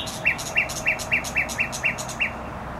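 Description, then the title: Nightingale song: a series of eight similar rich, slurred notes repeated evenly, against constant traffic rumble. Singing in bushes close to a noisy motorway, Trasa Toruńska, Bródno-Podgrodzie, Warsaw, Poland; recorded on an Olympus LS-11. "Bródno-Podgrodzie, Warszawa, Polska - Trasa Toruńska Nightingale"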